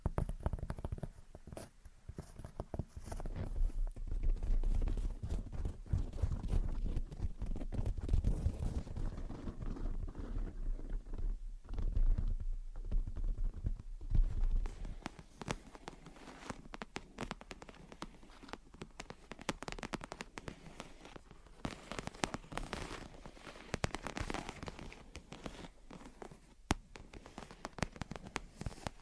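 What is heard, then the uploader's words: Gentle tapping and scratching, dense and irregular, with a heavier low rumble in the first half that thins out after fifteen seconds. Gentle Tapping and Scratching. (No Talking).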